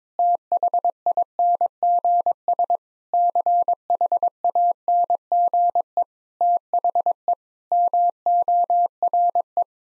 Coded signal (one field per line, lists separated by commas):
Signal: Morse code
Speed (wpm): 22 wpm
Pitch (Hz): 700 Hz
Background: none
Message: THINGS CHANGE THE MORE